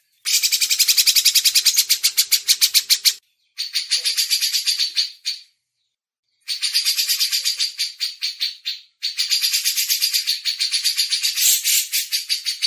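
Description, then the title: Grey-cheeked bulbul chattering in rapid, rasping pulses, several bursts of a few seconds each broken by abrupt gaps of silence. Masteran (tutor song for training songbirds). "MASTERAN CUCAK JENGGOT"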